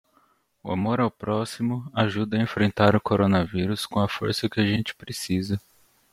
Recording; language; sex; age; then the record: spoken sentence; Brazilian Portuguese; male; 20 to 29 years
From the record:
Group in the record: control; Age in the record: 29 years